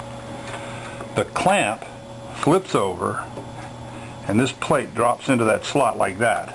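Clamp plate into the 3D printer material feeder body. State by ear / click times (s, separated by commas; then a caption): not seated / none. While assembling an Ultimaker Original Plus 3D printer, the clamp is flipped over and its plate is dropped into the slot of the material feeder body as someone talks over a steady background hum. Nothing has snapped or seated yet.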